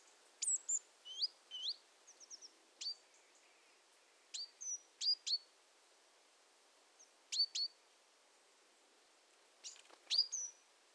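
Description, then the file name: Great tit calls: scattered thin high notes and short whistled slurs, sparse and irregular, over a soft hiss. "Parus major"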